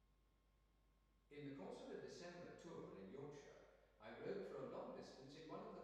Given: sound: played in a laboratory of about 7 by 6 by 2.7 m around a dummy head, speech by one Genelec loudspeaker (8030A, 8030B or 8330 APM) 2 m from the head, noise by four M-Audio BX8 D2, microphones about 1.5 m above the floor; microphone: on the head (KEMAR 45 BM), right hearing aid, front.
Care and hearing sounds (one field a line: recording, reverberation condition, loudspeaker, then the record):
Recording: male speech in English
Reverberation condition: high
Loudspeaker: 120 degrees to the left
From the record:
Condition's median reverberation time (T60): about 1300 ms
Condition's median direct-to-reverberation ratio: about -4.0 dB